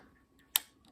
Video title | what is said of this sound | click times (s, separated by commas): How to use the 5d iii during service - changing the battery, video mode | until you hear that click | 0.6 s